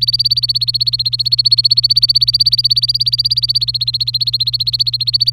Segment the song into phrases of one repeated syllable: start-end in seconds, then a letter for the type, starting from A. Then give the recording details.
0.00-5.30 A. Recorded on 26 April 2018 at 14:42. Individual llb3